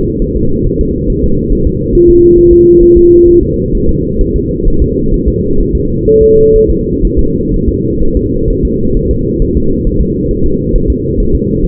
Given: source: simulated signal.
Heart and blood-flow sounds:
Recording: fetal heart sounds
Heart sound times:
0.22 s: S1
0.36 s: S2
0.66 s: S1
0.81 s: S2
1.10 s: S1
1.24 s: S2
1.53 s: S1
1.67 s: S2
1.95 s: S1
2.10 s: S2
2.38 s: S1
2.53 s: S2
2.83 s: S1
2.97 s: S2
3.28 s: S1
3.43 s: S2
3.75 s: S1
3.89 s: S2
4.21 s: S1
4.36 s: S2
4.68 s: S1
4.82 s: S2
5.14 s: S1
5.28 s: S2
5.60 s: S1
5.75 s: S2
6.08 s: S1
6.22 s: S2
6.56 s: S1
6.70 s: S2
7.05 s: S1
7.19 s: S2
7.54 s: S1
7.68 s: S2
8.03 s: S1
8.17 s: S2
8.50 s: S1
8.65 s: S2
8.97 s: S1
9.11 s: S2
9.42 s: S1
9.57 s: S2
9.87 s: S1
10.01 s: S2
10.31 s: S1
10.46 s: S2
10.76 s: S1
10.90 s: S2
11.20 s: S1
11.35 s: S2
11.65 s: S1
From the record:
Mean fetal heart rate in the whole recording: 130 bpm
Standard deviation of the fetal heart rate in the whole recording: 4 bpm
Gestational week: 38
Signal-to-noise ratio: -16.4 dB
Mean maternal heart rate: 72 bpm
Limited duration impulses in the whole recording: present

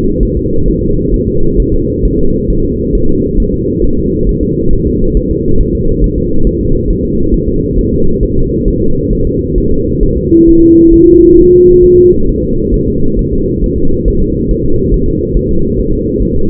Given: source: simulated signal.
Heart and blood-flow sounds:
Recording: fetal heart sounds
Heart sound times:
0.23 s: S1
0.37 s: S2
0.68 s: S1
0.82 s: S2
1.14 s: S1
1.28 s: S2
1.60 s: S1
1.74 s: S2
2.05 s: S1
2.19 s: S2
2.50 s: S1
2.64 s: S2
2.95 s: S1
3.09 s: S2
3.40 s: S1
3.54 s: S2
3.84 s: S1
3.99 s: S2
4.29 s: S1
4.43 s: S2
4.73 s: S1
4.87 s: S2
5.17 s: S1
5.31 s: S2
5.61 s: S1
5.75 s: S2
6.04 s: S1
6.18 s: S2
6.47 s: S1
6.61 s: S2
6.90 s: S1
7.05 s: S2
7.34 s: S1
7.48 s: S2
7.79 s: S1
7.93 s: S2
8.23 s: S1
8.37 s: S2
8.68 s: S1
8.82 s: S2
9.13 s: S1
9.27 s: S2
9.58 s: S1
9.72 s: S2
10.03 s: S1
10.17 s: S2
10.49 s: S1
10.63 s: S2
10.94 s: S1
11.08 s: S2
11.39 s: S1
11.53 s: S2
11.84 s: S1
11.98 s: S2
12.29 s: S1
12.43 s: S2
12.74 s: S1
12.88 s: S2
13.19 s: S1
13.33 s: S2
13.64 s: S1
13.78 s: S2
14.08 s: S1
14.22 s: S2
14.51 s: S1
14.65 s: S2
14.94 s: S1
15.08 s: S2
15.37 s: S1
15.51 s: S2
15.79 s: S1
15.93 s: S2
16.22 s: S1
16.37 s: S2
From the record:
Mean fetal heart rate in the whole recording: 135 bpm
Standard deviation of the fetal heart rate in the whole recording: 3 bpm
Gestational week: 36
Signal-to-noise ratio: -17.7 dB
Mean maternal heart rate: 72 bpm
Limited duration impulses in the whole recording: present

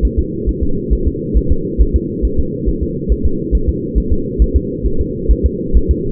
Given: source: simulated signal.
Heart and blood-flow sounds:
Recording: fetal heart sounds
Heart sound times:
0.05 s: S1
0.19 s: S2
0.49 s: S1
0.63 s: S2
0.93 s: S1
1.07 s: S2
1.37 s: S1
1.52 s: S2
1.81 s: S1
1.96 s: S2
2.25 s: S1
2.39 s: S2
2.69 s: S1
2.83 s: S2
3.12 s: S1
3.26 s: S2
3.55 s: S1
3.69 s: S2
3.98 s: S1
4.12 s: S2
4.42 s: S1
4.56 s: S2
4.86 s: S1
5.01 s: S2
5.31 s: S1
5.46 s: S2
5.77 s: S1
5.91 s: S2
From the record:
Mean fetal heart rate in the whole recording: 135 bpm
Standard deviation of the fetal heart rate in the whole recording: 3 bpm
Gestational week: 34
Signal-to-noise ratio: -8.1 dB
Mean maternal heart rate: 72 bpm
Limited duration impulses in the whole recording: absent

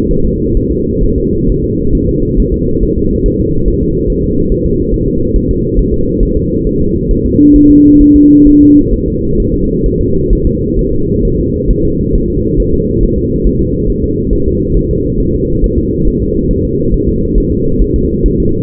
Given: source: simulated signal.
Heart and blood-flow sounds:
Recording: fetal heart sounds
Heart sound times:
0.11 s: S1
0.25 s: S2
0.57 s: S1
0.72 s: S2
1.04 s: S1
1.18 s: S2
1.49 s: S1
1.64 s: S2
1.95 s: S1
2.09 s: S2
2.40 s: S1
2.54 s: S2
2.83 s: S1
2.98 s: S2
3.26 s: S1
3.40 s: S2
3.68 s: S1
3.82 s: S2
4.10 s: S1
4.24 s: S2
4.52 s: S1
4.66 s: S2
4.94 s: S1
5.08 s: S2
5.36 s: S1
5.51 s: S2
5.79 s: S1
5.94 s: S2
6.23 s: S1
6.37 s: S2
6.67 s: S1
6.81 s: S2
7.11 s: S1
7.26 s: S2
7.56 s: S1
7.71 s: S2
8.02 s: S1
8.16 s: S2
8.47 s: S1
8.62 s: S2
8.94 s: S1
9.08 s: S2
9.40 s: S1
9.54 s: S2
9.86 s: S1
10.01 s: S2
10.33 s: S1
10.47 s: S2
10.79 s: S1
10.93 s: S2
11.25 s: S1
11.39 s: S2
11.71 s: S1
11.85 s: S2
12.15 s: S1
12.30 s: S2
12.60 s: S1
12.74 s: S2
13.03 s: S1
13.18 s: S2
13.46 s: S1
13.61 s: S2
13.90 s: S1
14.04 s: S2
14.33 s: S1
14.47 s: S2
14.77 s: S1
14.91 s: S2
15.20 s: S1
15.35 s: S2
15.64 s: S1
15.78 s: S2
16.07 s: S1
16.22 s: S2
16.51 s: S1
16.65 s: S2
16.94 s: S1
17.09 s: S2
17.38 s: S1
17.52 s: S2
17.82 s: S1
17.96 s: S2
18.26 s: S1
18.40 s: S2
From the record:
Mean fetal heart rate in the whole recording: 135 bpm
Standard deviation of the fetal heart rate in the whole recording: 3 bpm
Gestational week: 36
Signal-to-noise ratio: -15.3 dB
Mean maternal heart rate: 72 bpm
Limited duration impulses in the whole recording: present

